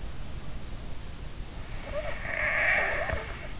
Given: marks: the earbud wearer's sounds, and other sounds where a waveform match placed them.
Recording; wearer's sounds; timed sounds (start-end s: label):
sounds in sleep by an in-ear microphone; snoring breath
1.76-3.55 s: snoring breath